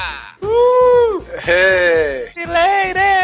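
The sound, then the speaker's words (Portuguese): A goat bleats loudly about four times in quick succession, each call a wavering, nasal cry with a quavering pitch that rises and falls, with no talking in between. “Estamos aqui reunidos, o bode voltou, infelizmente”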